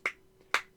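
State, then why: Seated. A 3D-printed plastic stand piece is pushed into its mating stand part, giving two sharp clicks at 0.1 s and 0.5 s over a faint steady hum. The piece seats, clicking in both ways.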